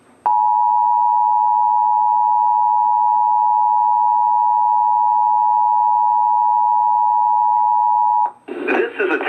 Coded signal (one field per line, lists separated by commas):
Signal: Emergency Alert System (SAME) tones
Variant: 853 and 960 Hz attention tone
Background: speech